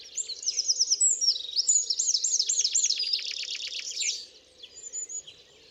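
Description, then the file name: Common chaffinch song, a loud string of high arched notes repeated quickly for about four seconds, then quieter chirps fading off. "Fringilla coelebs"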